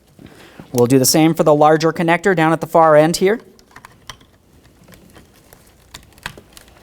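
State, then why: Seated. Someone talks, then a larger wiring connector at the far end of the master window switch on a 2003-2007 Honda Accord is pushed in, with faint handling sounds along the way. It clicks into place at 6.3 s and is seated.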